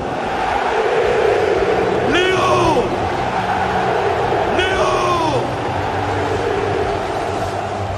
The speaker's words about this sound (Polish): Tak wiwatowali kibice na stadionie przed wczorajszym meczem PSG ze Strasburgiem w drugiej kolejce Ligue 1, bo tuż przed meczem paryski klub zaprezentował kibicom nowych graczy